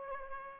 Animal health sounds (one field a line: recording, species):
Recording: mosquito wingbeat signal from an infrared sensor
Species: Aedes albopictus